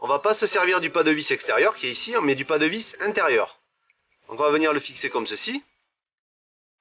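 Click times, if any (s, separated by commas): none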